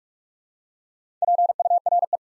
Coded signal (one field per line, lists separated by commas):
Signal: Morse code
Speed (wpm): 44 wpm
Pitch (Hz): 700 Hz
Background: none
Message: PURE